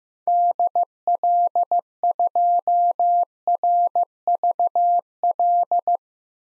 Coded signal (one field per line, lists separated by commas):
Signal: Morse code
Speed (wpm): 15 wpm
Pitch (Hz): 700 Hz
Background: none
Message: DL2RVL